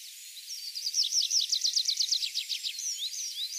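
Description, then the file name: Tree pipit singing a bright, fast series of repeated high notes, each slurring downward, building in loudness through the middle of the phrase before ending in thinner, varied notes. Recorded 23 April 2013. "23 04 2013 Baumpieper"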